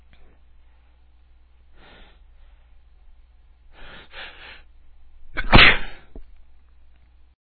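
Several breathy catching gasps build over about five seconds before one loud, forceful sneeze-like burst from an adult man, a difficult sneeze.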